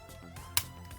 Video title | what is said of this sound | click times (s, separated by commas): Transformers 1997 Beast Wars MEGATRON Review! Bert The Stormtrooper Reviews! | reach in here bring the head up until it snaps into place | 0.6 s